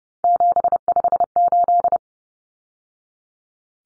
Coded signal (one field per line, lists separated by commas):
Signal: Morse code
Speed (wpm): 30 wpm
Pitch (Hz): 700 Hz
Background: none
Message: 758